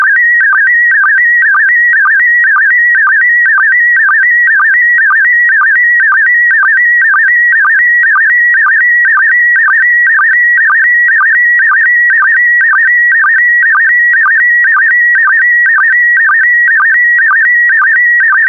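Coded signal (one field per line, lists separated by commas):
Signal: SSTV (slow-scan television)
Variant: PD120 mode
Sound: warbling tone with steady rhythmic chirps, regular sync blips about four per second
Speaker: complete. You can now check your decoded image against the picture that is shown on the video.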